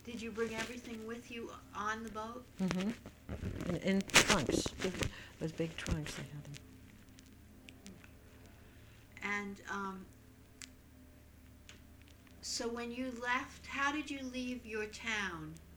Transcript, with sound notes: Did you bring everything with you on the boat?
Uh-huh. ( there is a disturbance in the microphone )
And, so when you left, how did you leave your town